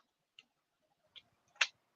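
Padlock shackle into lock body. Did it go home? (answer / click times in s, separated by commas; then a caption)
yes / 1.6 s. Someone reassembles a puzzle (exploding) padlock, pushing its shackle into the lock body and turning the key. Faint ticks sound at about 0.4 s and 1.2 s, then a sharp, loud click at 1.6 s as the shackle snaps into the body and seats.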